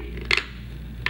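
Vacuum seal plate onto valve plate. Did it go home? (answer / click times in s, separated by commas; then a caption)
no / none. A vacuum seal plate is handled against a valve plate, being lined up with the valve plate's four holes. Brief sharp metallic taps occur around 0.3 s and 1.1 s over a low steady hum. The plate has not clicked into place yet.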